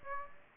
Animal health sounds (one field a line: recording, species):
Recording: mosquito wingbeat signal from an infrared sensor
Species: Aedes aegypti